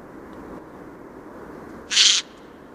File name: Garrulus glandarius